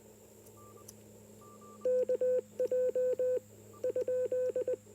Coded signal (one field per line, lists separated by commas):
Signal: Morse code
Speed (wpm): 19 wpm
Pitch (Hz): 510 Hz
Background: none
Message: KJ?